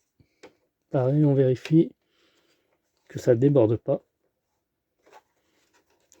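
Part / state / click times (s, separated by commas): plastic panel into the hull of a scale model / seated / 6.1 s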